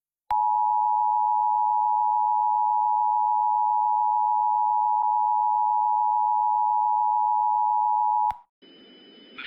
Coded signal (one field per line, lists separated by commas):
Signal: Emergency Alert System (SAME) tones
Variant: 853 and 960 Hz attention tone